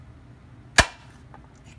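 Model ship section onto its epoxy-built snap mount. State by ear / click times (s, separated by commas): seated / 0.8 s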